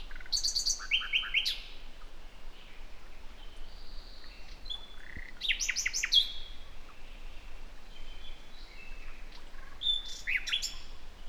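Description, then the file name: Common nightingale song: separated phrases of high whistles and rapid buzzy, rattling note series, with pauses of a second or two between phrases. "Luscinia megarhynchos"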